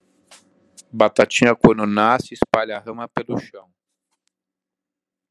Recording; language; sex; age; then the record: short text; Brazilian Portuguese; male; 40 to 49 years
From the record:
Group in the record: control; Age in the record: 49 years